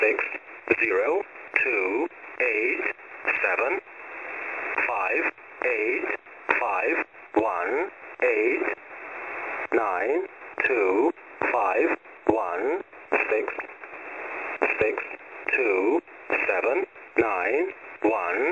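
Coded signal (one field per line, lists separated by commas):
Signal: numbers station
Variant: E07, English male voice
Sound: male voice reading single digits in English, evenly spaced, over shortwave radio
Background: radio static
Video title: 17451kHz Russian Number Station E07 (05.03.2024)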